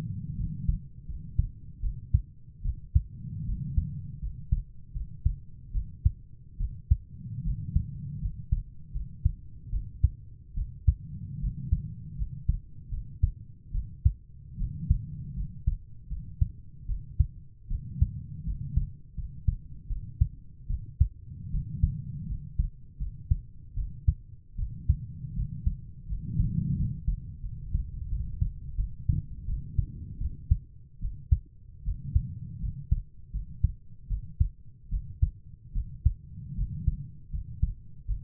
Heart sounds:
heart sounds by stethoscope; 78 bpm
0.37 s: heartbeat
1.07 s: heartbeat
1.82 s: heartbeat
2.63 s: heartbeat
3.46 s: heartbeat
4.21 s: heartbeat
4.93 s: heartbeat
5.73 s: heartbeat
6.59 s: heartbeat
7.44 s: heartbeat
8.21 s: heartbeat
8.93 s: heartbeat
9.71 s: heartbeat
10.56 s: heartbeat
11.40 s: heartbeat
12.17 s: heartbeat
12.91 s: heartbeat
13.73 s: heartbeat
14.58 s: heartbeat
15.36 s: heartbeat
16.09 s: heartbeat
16.87 s: heartbeat
17.69 s: heartbeat
18.45 s: heartbeat
19.16 s: heartbeat
19.89 s: heartbeat
20.68 s: heartbeat
21.51 s: heartbeat
22.28 s: heartbeat
22.99 s: heartbeat
23.75 s: heartbeat
24.57 s: heartbeat
25.35 s: heartbeat
26.08 s: heartbeat
26.76 s: heartbeat
27.42 s: heartbeat
28.09 s: heartbeat
28.77 s: heartbeat
29.47 s: heartbeat
30.19 s: heartbeat
31.01 s: heartbeat
31.85 s: heartbeat
32.61 s: heartbeat
33.32 s: heartbeat
34.09 s: heartbeat
34.91 s: heartbeat
35.74 s: heartbeat
36.56 s: heartbeat
37.32 s: heartbeat
38.07 s: heartbeat
From the record:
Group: healthy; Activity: rest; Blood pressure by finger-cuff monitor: 130/73 mmHg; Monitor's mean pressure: 89 mmHg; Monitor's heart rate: 78 bpm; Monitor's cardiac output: 6.7 L/min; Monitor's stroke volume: 88 mL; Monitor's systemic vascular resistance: 970 dyn s/cm5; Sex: female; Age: 22 years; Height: 160 cm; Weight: 63 kg

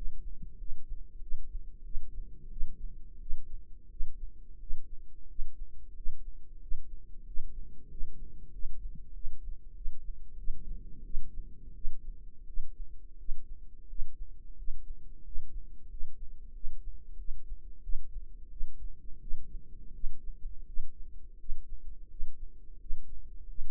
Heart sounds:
heart sounds by microphone in the right ear; 89 bpm
0.56 s: heartbeat
1.19 s: heartbeat
1.82 s: heartbeat
2.49 s: heartbeat
3.18 s: heartbeat
3.88 s: heartbeat
4.58 s: heartbeat
5.26 s: heartbeat
5.93 s: heartbeat
6.59 s: heartbeat
7.24 s: heartbeat
7.87 s: heartbeat
8.50 s: heartbeat
9.12 s: heartbeat
9.73 s: heartbeat
10.36 s: heartbeat
11.02 s: heartbeat
11.73 s: heartbeat
12.45 s: heartbeat
13.16 s: heartbeat
13.86 s: heartbeat
14.55 s: heartbeat
15.22 s: heartbeat
15.88 s: heartbeat
16.52 s: heartbeat
17.16 s: heartbeat
17.81 s: heartbeat
18.49 s: heartbeat
19.19 s: heartbeat
19.92 s: heartbeat
20.64 s: heartbeat
21.37 s: heartbeat
22.07 s: heartbeat
22.77 s: heartbeat
23.46 s: heartbeat
From the record:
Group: healthy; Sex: male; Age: 33 years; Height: 179 cm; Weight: 80.4 kg

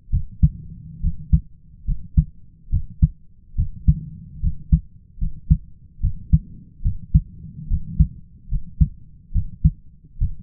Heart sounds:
heart sounds by stethoscope; 71 bpm
0.10 s: heartbeat
1.00 s: heartbeat
1.85 s: heartbeat
2.69 s: heartbeat
3.55 s: heartbeat
4.40 s: heartbeat
5.18 s: heartbeat
6.00 s: heartbeat
6.82 s: heartbeat
7.67 s: heartbeat
8.48 s: heartbeat
9.32 s: heartbeat
10.18 s: heartbeat
From the record:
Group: healthy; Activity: rest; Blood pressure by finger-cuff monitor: 113/66 mmHg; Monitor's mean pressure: 76 mmHg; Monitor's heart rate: 71 bpm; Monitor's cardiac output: 5.1 L/min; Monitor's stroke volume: 73 mL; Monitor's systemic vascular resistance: 1060 dyn s/cm5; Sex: male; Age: 20 years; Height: 167 cm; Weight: 61 kg

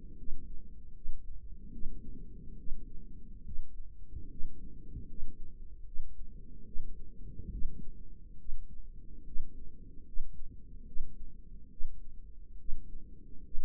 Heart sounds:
heart sounds by microphone in the right ear; 72 bpm
0.20 s: heartbeat
0.97 s: heartbeat
1.75 s: heartbeat
2.60 s: heartbeat
3.48 s: heartbeat
4.33 s: heartbeat
5.11 s: heartbeat
5.88 s: heartbeat
6.68 s: heartbeat
7.54 s: heartbeat
8.41 s: heartbeat
9.28 s: heartbeat
10.08 s: heartbeat
10.89 s: heartbeat
11.73 s: heartbeat
12.61 s: heartbeat
13.47 s: heartbeat
From the record:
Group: healthy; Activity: rest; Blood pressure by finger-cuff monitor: 157/91 mmHg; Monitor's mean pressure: 107 mmHg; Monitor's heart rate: 70 bpm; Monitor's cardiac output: 8.5 L/min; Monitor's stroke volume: 120 mL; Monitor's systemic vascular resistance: 940 dyn s/cm5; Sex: male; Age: 30 years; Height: 188 cm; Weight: 110.2 kg

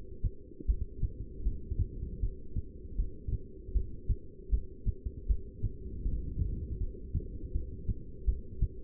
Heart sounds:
heart sounds by stethoscope; 79 bpm
0.67 s: heartbeat
1.44 s: heartbeat
2.21 s: heartbeat
2.97 s: heartbeat
3.73 s: heartbeat
4.51 s: heartbeat
5.28 s: heartbeat
6.04 s: heartbeat
6.79 s: heartbeat
7.53 s: heartbeat
8.26 s: heartbeat
From the record:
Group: heart failure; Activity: rest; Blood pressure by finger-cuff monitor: 164/98 mmHg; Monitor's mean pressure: 122 mmHg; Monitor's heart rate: 78 bpm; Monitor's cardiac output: 8.4 L/min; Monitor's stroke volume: 108 mL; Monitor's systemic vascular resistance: 1080 dyn s/cm5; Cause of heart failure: non-ischemic cardiomyopathy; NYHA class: 1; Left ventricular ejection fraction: 62%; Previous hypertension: present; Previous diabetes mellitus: present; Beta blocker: bisoprolol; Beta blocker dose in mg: 10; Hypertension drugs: sacubitril-valsartan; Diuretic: furosemide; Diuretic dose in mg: 20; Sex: male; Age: 49 years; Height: 167 cm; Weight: 110 kg

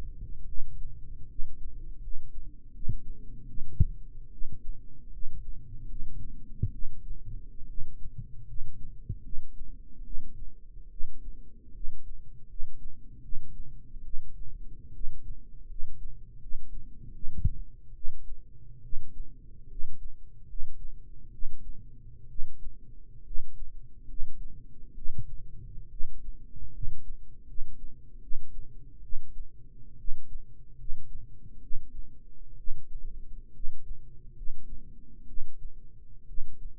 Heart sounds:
heart sounds by microphone in the right ear; 72 bpm
0.44 s: heartbeat
1.26 s: heartbeat
1.99 s: heartbeat
2.70 s: heartbeat
3.44 s: heartbeat
4.28 s: heartbeat
5.08 s: heartbeat
5.85 s: heartbeat
6.69 s: heartbeat
7.65 s: heartbeat
8.44 s: heartbeat
9.20 s: heartbeat
10.01 s: heartbeat
10.87 s: heartbeat
11.71 s: heartbeat
12.45 s: heartbeat
13.19 s: heartbeat
14.01 s: heartbeat
14.90 s: heartbeat
15.65 s: heartbeat
16.37 s: heartbeat
17.10 s: heartbeat
17.91 s: heartbeat
18.80 s: heartbeat
19.66 s: heartbeat
20.44 s: heartbeat
21.29 s: heartbeat
22.26 s: heartbeat
23.21 s: heartbeat
24.04 s: heartbeat
24.92 s: heartbeat
25.87 s: heartbeat
26.69 s: heartbeat
27.43 s: heartbeat
28.18 s: heartbeat
28.99 s: heartbeat
29.95 s: heartbeat
30.74 s: heartbeat
31.58 s: heartbeat
32.54 s: heartbeat
33.50 s: heartbeat
34.32 s: heartbeat
35.24 s: heartbeat
36.24 s: heartbeat
From the record:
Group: healthy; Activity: rest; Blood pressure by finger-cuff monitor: 112/65 mmHg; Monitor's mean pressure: 75 mmHg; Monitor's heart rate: 73 bpm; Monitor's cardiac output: 8 L/min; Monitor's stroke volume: 111 mL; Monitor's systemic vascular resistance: 690 dyn s/cm5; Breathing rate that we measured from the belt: 17 breaths a minute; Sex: male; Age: 22 years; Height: 185 cm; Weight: 112.4 kg

